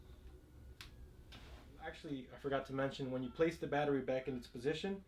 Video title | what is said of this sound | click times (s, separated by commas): DJI Phantom 4 Unboxing | push down and lock, and it locks into place. | 0.8 s